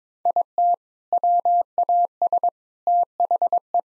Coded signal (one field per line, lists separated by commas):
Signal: Morse code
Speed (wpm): 22 wpm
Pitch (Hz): 700 Hz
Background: none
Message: IT WAS THE